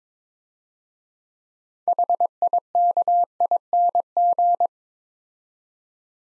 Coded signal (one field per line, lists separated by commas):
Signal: Morse code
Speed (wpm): 22 wpm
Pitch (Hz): 700 Hz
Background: none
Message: HIKING